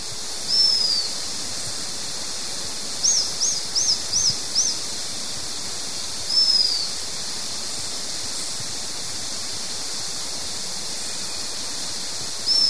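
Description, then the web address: White-fronted tyrannulet call notes: a thin, high, descending whistle, then a quick run of five sharp high notes, more thin whistles later, over constant hiss. Ecuador. "Birds of Ecuador White-fronted Tyrannulet"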